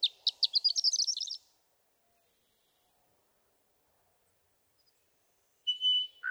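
Western meadowlark song: a rapid chattering run of notes opens, then after a long quiet gap a clear whistled note slides downward at the end.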